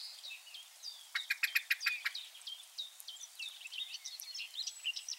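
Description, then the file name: Common blackbird giving a quick burst of sharp, clicking chink notes for about a second, amid many thin high chirps and whistles from other small birds. "Turdus merula"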